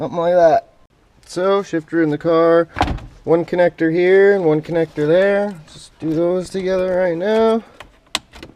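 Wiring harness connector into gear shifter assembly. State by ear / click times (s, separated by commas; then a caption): seated / 8.2 s. A wiring harness connector, the first of two, is pushed onto the automatic gear shifter assembly of a 2005–2011 Dodge Charger/Challenger/Magnum/Chrysler 300 with the 5-speed NAG1 automatic, being fixed for a shifter stuck in park. Someone talks through most of the clip, then a sharp click at 8.2 s marks the connector seating, followed by a faint tick.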